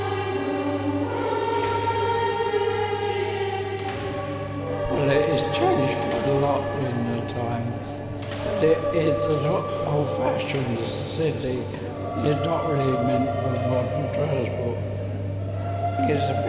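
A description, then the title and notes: Inside Wells Cathedral, a steady low drone holds under the whole clip, with sustained organ-like tones ringing for the first few seconds. From about four seconds, a crowd of voices murmurs and echoes through the large space, with occasional brighter clicks and footsteps. Wells Cathedral soundscape excerpt by Rich Tomlinson.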